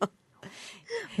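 Loud stomach growling (borborygmi) from a hungry adult's abdomen: a brief gurgling rumble with a rising, squeaky tone near the end.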